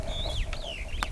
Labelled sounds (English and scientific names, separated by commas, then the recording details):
Superb Starling (Lamprotornis superbus) flight call
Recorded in Kenya